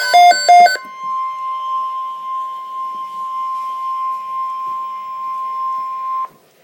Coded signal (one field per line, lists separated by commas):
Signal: Emergency Alert System (SAME) tones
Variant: 1050 Hz attention tone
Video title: Flash Flood Watch - EAS #171